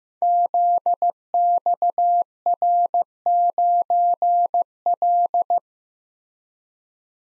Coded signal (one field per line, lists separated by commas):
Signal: Morse code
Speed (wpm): 15 wpm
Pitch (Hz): 700 Hz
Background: none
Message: ZXR9L